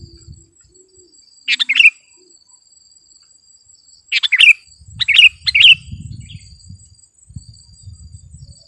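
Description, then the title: Sooty-headed bulbul song: short bubbly two-note phrases, one burst near two seconds and a quick cluster of three later, over a thin steady high whine and low rumbling. "kutilang"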